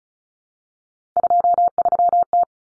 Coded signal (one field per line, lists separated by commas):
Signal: Morse code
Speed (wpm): 34 wpm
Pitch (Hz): 700 Hz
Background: none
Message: 23T